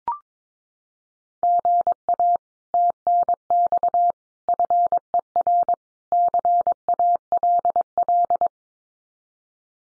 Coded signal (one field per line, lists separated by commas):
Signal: Morse code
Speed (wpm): 22 wpm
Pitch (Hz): 700 Hz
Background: none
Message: GA TNX FER CALL